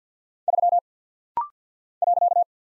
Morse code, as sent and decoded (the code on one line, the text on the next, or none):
...-- / .-.-.-
3 .